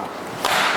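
A removable battery pack for a Tigar Plus Ultimate electric bike is slid forward along its levers into the frame mount. After a stretch of low, steady background, a sharp click sounds at 0.5 s as the battery locks itself in. A louder broadband sound then continues to the end, and the battery is seated.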